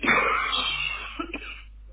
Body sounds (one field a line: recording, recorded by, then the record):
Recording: voluntary cough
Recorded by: telephone call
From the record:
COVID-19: positive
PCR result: self-reported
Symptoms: yes